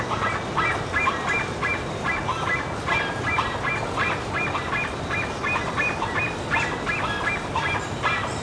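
Bird calls, rapid overlapping honks from several birds, clustered and uneven, set against continuous rushing background noise.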